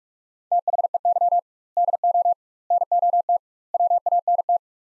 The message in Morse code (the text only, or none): THEY DO NOT WANT